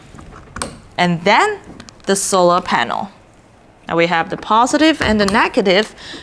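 A battery cable connector is plugged first into the solar power unit of a wireless bridge setup, giving a pair of sharp clicks at 0.6 s and 0.6 s as it seats. Someone then talks for the rest of the clip.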